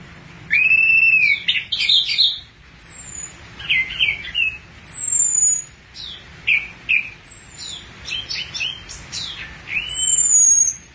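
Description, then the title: Thrush song opening with a long whistled note, then short varied phrases of chips, trills and high thin notes. "burung anis x"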